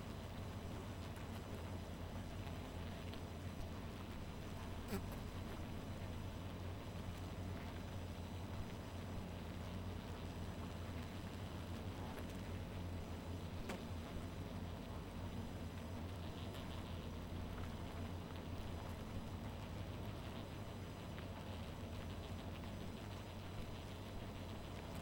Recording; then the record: honeybee colony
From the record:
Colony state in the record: missing queen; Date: 14 July 2017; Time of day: 1:00